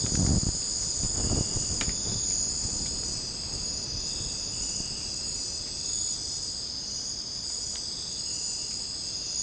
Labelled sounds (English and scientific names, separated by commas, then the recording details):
none
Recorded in secondary vegetation near Puerto Asís, Putumayo, Colombia, on 20 December 2024 at 02:30
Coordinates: 0.499, -76.323
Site G010